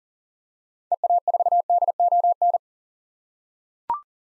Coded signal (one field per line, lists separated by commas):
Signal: Morse code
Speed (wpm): 37 wpm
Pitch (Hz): 700 Hz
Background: none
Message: EA4DON